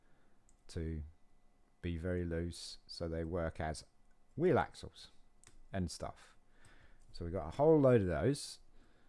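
A plastic Technic pin is handled just before being pushed into a plastic Technic brick hole while building the 2025 LEGO Star Wars Juggernaut (set 912505-1, from magazine issue 122). Someone talks throughout, with only a faint handling tick near 0.5 s. Nothing has seated or clicked yet.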